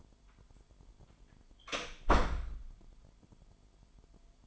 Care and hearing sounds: daily activity, microphone in the room; close door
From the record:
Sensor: 5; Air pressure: 998.5 hPa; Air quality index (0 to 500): 82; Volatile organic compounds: 1 ppm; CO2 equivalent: 938 ppm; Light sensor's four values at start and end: 33/81/33/37 and 33/81/33/37

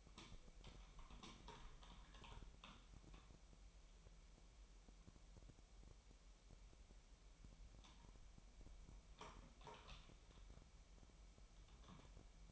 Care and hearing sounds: daily activity, microphone in the room; typing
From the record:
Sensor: 1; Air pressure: 1002.0 hPa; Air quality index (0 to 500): 244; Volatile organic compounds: 49 ppm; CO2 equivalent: 3285 ppm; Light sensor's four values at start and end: 8/29/10/12 and 8/29/11/12

